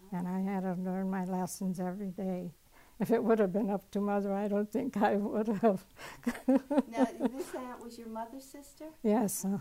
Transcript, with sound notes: And I had to learn my lessons every day. If it would have been up to mother I don't think I would have. [Laughs]
Now this aunt was your mother's sister?
Yes, Ah-huh.